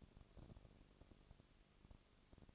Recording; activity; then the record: daily activity, microphone in the room; no activity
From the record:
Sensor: 4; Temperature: 22.3 degrees Celsius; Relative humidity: 32.7%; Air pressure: 1001.9 hPa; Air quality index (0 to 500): 186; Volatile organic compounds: 4 ppm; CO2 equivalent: 1639 ppm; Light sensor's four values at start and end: 2/3/1/1 and 2/3/1/1